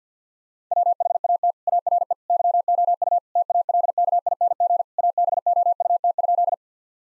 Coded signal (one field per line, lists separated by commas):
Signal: Morse code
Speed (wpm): 50 wpm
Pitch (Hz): 700 Hz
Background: none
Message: WHAT ARE YOU TALKING ABOUT?